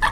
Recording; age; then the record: pig call; piglet (1 to 25 days)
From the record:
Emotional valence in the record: positive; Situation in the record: reunion after long isolation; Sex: male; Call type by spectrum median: low-frequency call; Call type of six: low-frequency tonal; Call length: 0.11 s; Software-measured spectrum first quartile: 741 Hz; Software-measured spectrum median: 1234 Hz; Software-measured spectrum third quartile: 1929 Hz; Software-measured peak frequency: 1750 Hz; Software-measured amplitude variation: 114 dB a second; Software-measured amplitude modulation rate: 13.3 a second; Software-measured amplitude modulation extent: 8.5 dB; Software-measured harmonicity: 6.0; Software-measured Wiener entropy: -1.94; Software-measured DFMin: 763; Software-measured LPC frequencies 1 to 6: 947, 1780, 2709, 3365, 4102, 5697 Hz